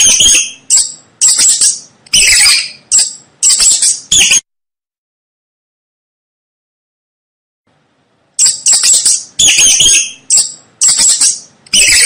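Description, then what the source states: Mouse producing rapid, piercing squeaks in a steady run, falling silent for about four seconds before squeaking again. Mouse squeaking to help a baby fall asleep.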